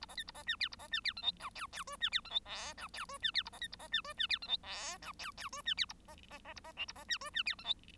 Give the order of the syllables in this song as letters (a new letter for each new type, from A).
A B C A B D E A B D E F G H I I J D E F G K H I J D E A B C A B D J D E F G K H I I J D E A B B B A B L A B D J D E F G